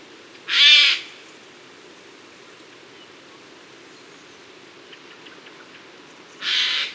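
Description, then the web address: Eurasian jay giving two harsh, rasping screeches, one near the start and one at the end, separated by quiet with a faint background hiss. "birdify. garrulus glandarius"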